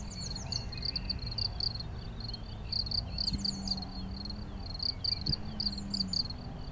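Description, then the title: Cricket chirping in grouped bursts with short gaps, accompanied by twittering bird notes and low background noise. Single cricket, among the first crickets of the season, heard intermittently for a few days, Chindrieux, France. "Chindrieux, France - grillon seul"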